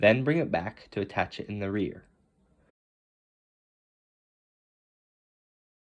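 Someone talks for about two seconds while a second-row seat in a 2004–2010 Toyota Sienna minivan, its front already hooked, is rotated back to line up its rear latches with the vehicle floor anchors. Then it goes silent until the end. The seat has not yet been pushed down, and nothing has seated or clicked yet.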